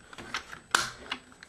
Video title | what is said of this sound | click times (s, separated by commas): Animated Bulkhead | then it'll snap into place | 0.8 s